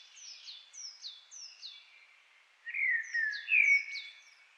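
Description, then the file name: Common blackbird giving one rich warbled whistle phrase late on, with runs of high, downslurred notes before and during it. "Turdus merula"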